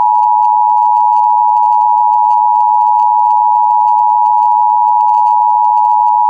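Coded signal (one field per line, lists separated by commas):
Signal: Emergency Alert System (SAME) tones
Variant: 853 and 960 Hz attention tone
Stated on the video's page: Fictional EAS scenario using real EAS alert sounds.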